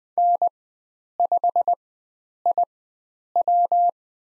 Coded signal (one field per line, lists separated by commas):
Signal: Morse code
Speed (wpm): 20 wpm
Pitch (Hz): 700 Hz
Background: none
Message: N5IW